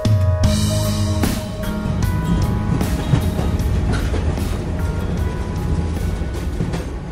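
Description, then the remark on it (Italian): A train rolls along the rails with a steady, heavy rumble and recurring metallic clacks, a brief high squealing tone rising over it near the start. No one speaks. “il treno va.”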